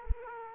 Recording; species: mosquito wingbeat signal from an infrared sensor; Aedes aegypti